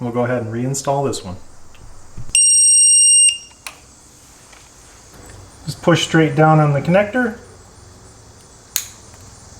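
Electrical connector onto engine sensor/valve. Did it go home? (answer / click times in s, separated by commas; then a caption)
yes / 8.8 s. A black electrical connector is pushed straight down onto a replacement sensor or valve on a GM 2.0L/2.4L engine, being fixed for rough idle and stalling at stops. Someone talks, and a loud steady electronic tone sounds from about 2.4 to 3.3 s. The connector gives a sharp click at 8.8 s as it seats in place.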